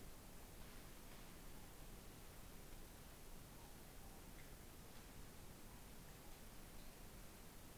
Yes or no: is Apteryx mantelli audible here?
no